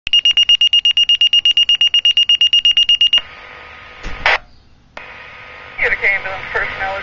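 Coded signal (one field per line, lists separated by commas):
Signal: pager alert tone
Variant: Motorola Minitor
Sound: about 25 fast high beeps over three seconds, then crackly radio noise and voice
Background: radio static, voice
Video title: Motorola Minitor IV Pager Test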